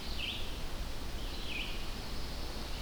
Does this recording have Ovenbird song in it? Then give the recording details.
no. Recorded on 25 June 2016 at 05:43. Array SBT-6-76